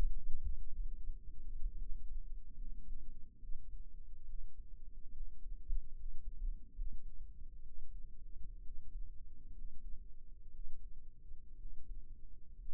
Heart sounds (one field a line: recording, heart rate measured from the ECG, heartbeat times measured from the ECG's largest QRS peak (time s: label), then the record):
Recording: heart sounds by microphone in the right ear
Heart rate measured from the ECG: 67 bpm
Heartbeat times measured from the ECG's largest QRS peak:
0.82 s: heartbeat
1.77 s: heartbeat
2.56 s: heartbeat
3.39 s: heartbeat
4.25 s: heartbeat
5.12 s: heartbeat
5.94 s: heartbeat
6.74 s: heartbeat
7.63 s: heartbeat
8.62 s: heartbeat
9.53 s: heartbeat
10.50 s: heartbeat
11.57 s: heartbeat
12.54 s: heartbeat
From the record:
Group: healthy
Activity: rest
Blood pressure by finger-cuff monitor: 96/51 mmHg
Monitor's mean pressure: 65 mmHg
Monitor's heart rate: 66 bpm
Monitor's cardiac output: 7 L/min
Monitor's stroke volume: 100 mL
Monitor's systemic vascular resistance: 670 dyn s/cm5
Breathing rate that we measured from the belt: 18 breaths a minute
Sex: male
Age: 22 years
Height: 181 cm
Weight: 79 kg